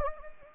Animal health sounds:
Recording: mosquito wingbeat signal from an infrared sensor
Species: Anopheles gambiae

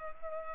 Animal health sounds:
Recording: mosquito wingbeat signal from an infrared sensor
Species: Culex pipiens

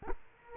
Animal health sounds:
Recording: mosquito wingbeat signal from an infrared sensor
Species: Culex quinquefasciatus

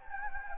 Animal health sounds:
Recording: mosquito wingbeat signal from an infrared sensor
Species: Anopheles gambiae

